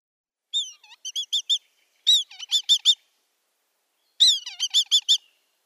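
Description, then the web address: Black kite nestling giving squealing, whistled notes in three short bouts, each a slurred squeal followed by three or four quick piping notes. "Schulze Peter Black Kite nestling"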